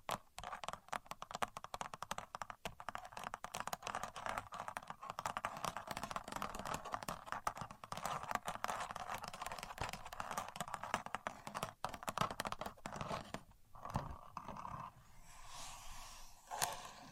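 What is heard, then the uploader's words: A contour gauge being used, its pins making a dense, rapid clicking and rattling that stops briefly near fourteen seconds and then softens. Using A Contour Gauge (No Talking).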